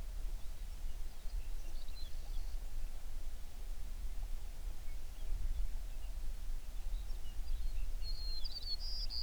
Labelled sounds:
songbird
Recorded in the Prudhoe Bay oil fields, Alaska, on 11 June 2019 at 04:56
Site 21

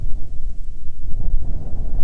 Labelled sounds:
wind
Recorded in the Prudhoe Bay oil fields, Alaska, on 7 August 2019 at 13:59
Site 17

